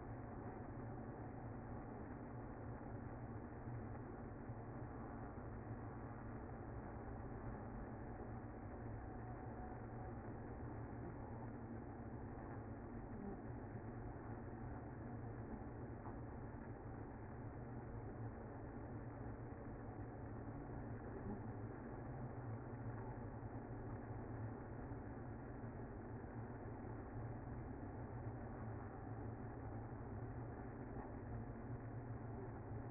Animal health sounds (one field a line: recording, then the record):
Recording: honeybee colony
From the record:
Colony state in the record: active